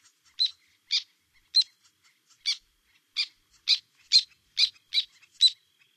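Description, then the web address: Black tern giving short, harsh, high-pitched calls at irregular intervals, each a brief grating note, with a quiet background. North America. "Songs of Birds of North America Stokes. Black Tern"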